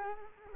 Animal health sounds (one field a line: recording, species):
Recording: mosquito wingbeat signal from an infrared sensor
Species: Culex quinquefasciatus